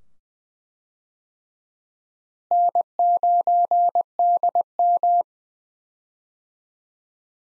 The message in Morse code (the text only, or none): N9DM